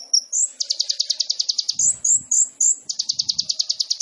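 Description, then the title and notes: Sunbird song: a couple of sharp high chips running into a fast rattling trill, a few slurred whistles, then the trill again. Kolibri ninja sunbird in vigorous (gacor) song, full of isian fill-ins and tembakan bursts, meant to prompt other birds (pancingan). "MASTERAN KOLIBRI NINJA FULL ISIAN DAN TEMBAKAN COCOK BUAT PANCINGAN. Suara Burung Kolibri Ninja Gacor"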